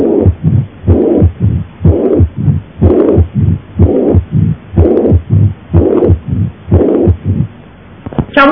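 A regular heartbeat at about 62 beats a minute, with a low, rumbling murmur filling much of each cycle. This is a ventricular septal defect with a diastolic flow rumble heard at the apex, caused by increased blood flow across the mitral valve.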